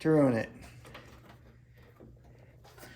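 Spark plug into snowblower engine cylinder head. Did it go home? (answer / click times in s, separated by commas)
no / none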